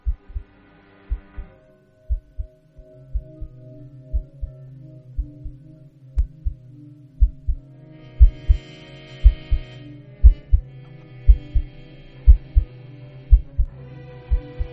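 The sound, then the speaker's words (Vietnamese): A woman's heart beats loudly and rapidly inside her body, pounding in steady double thumps, each lub-dub following quickly on the last, over a low droning hum with a brief swell of higher tones midway. “Thậm chí cô nghe tiếng trái tim trong cơ thể cô đang đập liên hồi.”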